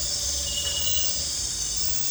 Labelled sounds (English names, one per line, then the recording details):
none
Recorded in pastures near Puerto Asís, Putumayo, Colombia, on 20 December 2024 at 22:30
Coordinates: 0.466, -76.322
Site G040